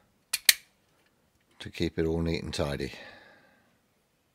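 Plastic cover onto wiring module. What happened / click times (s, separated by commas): A small plastic cover snapped into place / 0.3 s, 0.5 s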